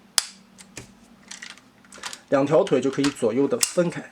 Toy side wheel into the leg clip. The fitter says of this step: 面的轮子180度旋转扣上来，这里边也是无损的咬扣